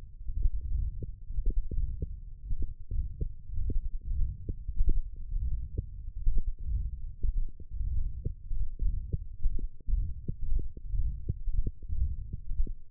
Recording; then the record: forearm muscle sounds (acoustic myography)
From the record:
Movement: wrist extension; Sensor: system 1, eight BSWA MPA416 microphones around the upper forearm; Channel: 1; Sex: male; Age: 23 years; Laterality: right